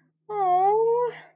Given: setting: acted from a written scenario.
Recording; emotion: vocal sound without words; sympathy